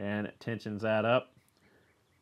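On a Subaru FA/FB series engine, with the tensioner pin pulled, a pry bar lifts the chain guide against the timing chain tensioner while someone talks through the first 1.2 seconds. Faint low-level handling noise follows, with a tiny tick near 1.5 s. Nothing has seated or clicked yet.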